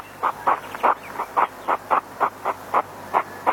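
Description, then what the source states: European hedgehog huffing: a rapid, rhythmic series of short, breathy puffs throughout. A male hedgehog courting a female.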